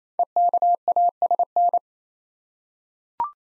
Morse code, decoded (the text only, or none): EKASN